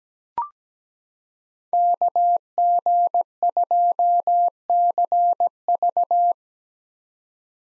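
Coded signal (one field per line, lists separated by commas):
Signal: Morse code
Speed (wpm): 17 wpm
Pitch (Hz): 700 Hz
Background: none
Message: KG2CV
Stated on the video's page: Morse practice drill of common park activation hunter call signs at 17 wpm, meant for head-copy, each sent twice.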